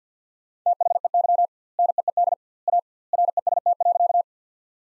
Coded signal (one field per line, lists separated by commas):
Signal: Morse code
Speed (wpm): 50 wpm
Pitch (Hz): 700 Hz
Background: none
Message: THEY NEED A REST.